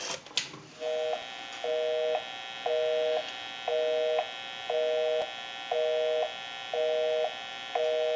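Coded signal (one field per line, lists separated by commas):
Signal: telephone call progress tone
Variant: North America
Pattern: busy tone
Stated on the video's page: Call progress tone heard on an AE Space Maker 183 telephone during checkout and repair conversion.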